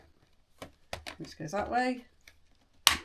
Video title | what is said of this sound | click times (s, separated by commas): Compost Bin a Vacuum and Planting Out | it's a nice click nice really welld designed snug fit | 2.9 s